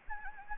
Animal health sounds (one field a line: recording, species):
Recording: mosquito wingbeat signal from an infrared sensor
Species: Anopheles gambiae